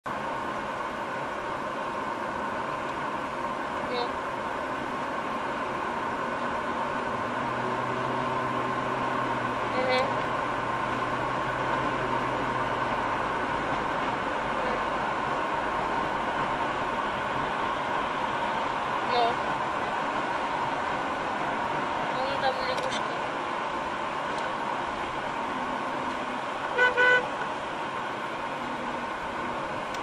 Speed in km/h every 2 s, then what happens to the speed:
70, 71, 73, 75, 81, 85, 87, 85, 83, 79, 75, 73, 70, 68, 66.
0-12 speeds up to 87. 12-30 slows to 66.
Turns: none.